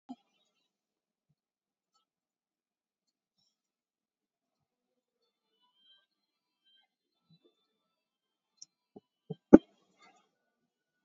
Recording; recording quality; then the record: deep breathing; poor, much background noise or distortion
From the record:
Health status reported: COVID-19 positive, mild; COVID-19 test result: positive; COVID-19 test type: RT-PCR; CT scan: taken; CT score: 11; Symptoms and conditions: cough, cold, muscle pain, loss of smell and taste, diabetes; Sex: male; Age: 76 years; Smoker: no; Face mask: worn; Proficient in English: yes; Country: India